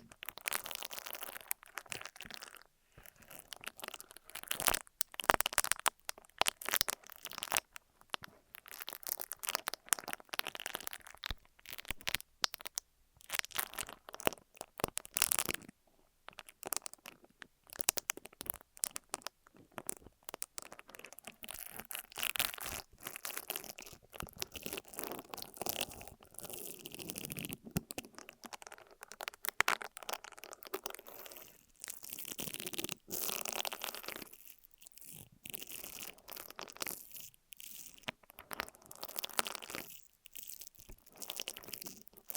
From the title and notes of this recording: ASMR 3Dio FS Pro II Mic Test Ear Massage, Cleaning etc (No Talking).